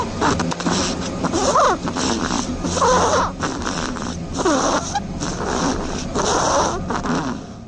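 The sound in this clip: Hazel dormouse snoring: a run of soft, rasping breaths with faint squeaky notes at intervals, over a steady background hiss.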